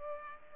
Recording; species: mosquito wingbeat signal from an infrared sensor; Culex pipiens